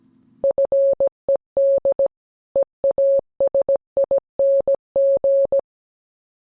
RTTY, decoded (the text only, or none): none